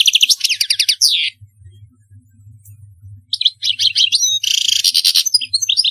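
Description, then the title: European goldfinch song: rapid twittering trills, a pause with faint low hum, then another bright, tinkling burst of chirps and buzzy notes. "Chant Chardonneret"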